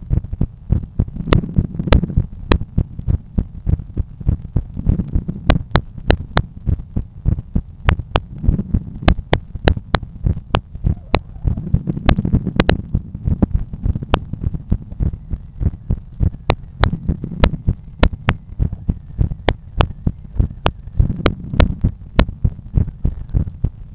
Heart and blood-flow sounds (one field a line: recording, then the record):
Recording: heart sounds by stethoscope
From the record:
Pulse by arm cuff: 96 bpm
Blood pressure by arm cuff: 148/90 mmHg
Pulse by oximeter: 103 bpm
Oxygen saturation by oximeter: 95%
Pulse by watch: 97 bpm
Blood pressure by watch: 131/85 mmHg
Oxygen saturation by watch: 95%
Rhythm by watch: sinus rhythm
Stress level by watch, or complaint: medium stress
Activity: after 1 min smoking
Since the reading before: plus 100 steps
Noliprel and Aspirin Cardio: no pills today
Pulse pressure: 58 mmHg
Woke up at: 7:30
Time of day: 16:24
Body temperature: 36.3 C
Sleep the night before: 9 h 22 min, score 68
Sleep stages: REM 22%, light 66%, deep 4%, awake 8%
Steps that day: 11800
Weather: sunny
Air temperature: 19.4 C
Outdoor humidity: 73%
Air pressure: 1015 hPa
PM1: 3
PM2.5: 5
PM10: 7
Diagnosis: hypertension, treated with Noliprel and Aspirin Cardio 100 mg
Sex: male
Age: 53 years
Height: 174 cm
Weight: 81 kg